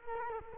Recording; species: mosquito wingbeat signal from an infrared sensor; Culex quinquefasciatus